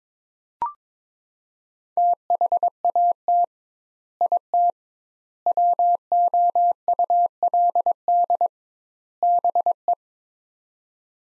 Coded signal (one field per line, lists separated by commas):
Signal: Morse code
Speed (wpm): 22 wpm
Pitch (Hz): 700 Hz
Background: none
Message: THAT IT WOULD BE